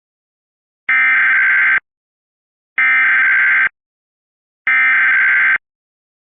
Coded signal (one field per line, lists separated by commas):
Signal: Emergency Alert System (SAME) tones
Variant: header bursts